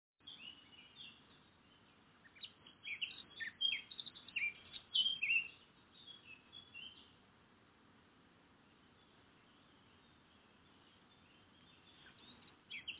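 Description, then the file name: Eurasian blackcap song, a short burst of quick warbled notes in the first half, then mostly steady background hiss with a faint note at the end. "Sylvia atricapilla"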